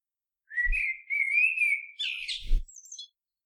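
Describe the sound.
Bird song: a long wavering whistle that slides up and down, followed by a burst of buzzy, twittering notes, with two low thumps underneath.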